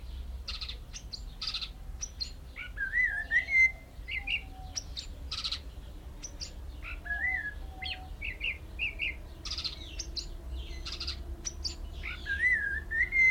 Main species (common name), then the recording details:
Snowy-crowned Robin-Chat. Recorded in captivity. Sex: male. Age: adult. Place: Zoo Berlin, Berlin, DE. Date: 1994-05-28 11:25. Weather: bedeckt, 12-15°C. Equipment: Marantz CP 430, Sennheiser ME 80, Kopie Uher Variocord 263. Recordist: Tembrock, Günter